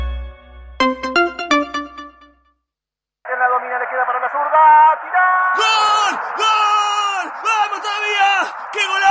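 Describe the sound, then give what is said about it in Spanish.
A few quick chiming tones and a short pause, then a voice bellows a long, sustained football goal celebration shout that swells louder and more strained in repeated surging bursts, in an Amstel beer radio advert on Urbana Play 104.3; the goal is then ruled offside by VAR. “¿Te puedes equivocar gritando un gol?”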